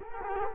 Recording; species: mosquito wingbeat signal from an infrared sensor; Culex quinquefasciatus